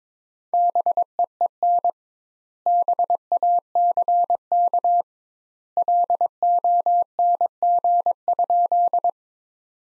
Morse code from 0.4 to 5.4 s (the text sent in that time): BEEN BACK